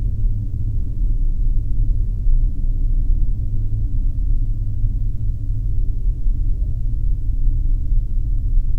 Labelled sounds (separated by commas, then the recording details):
man-made sound
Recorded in the Arctic National Wildlife Refuge, Alaska, on 3 September 2019 at 01:37
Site 39